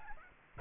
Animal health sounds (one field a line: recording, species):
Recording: mosquito wingbeat signal from an infrared sensor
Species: Aedes albopictus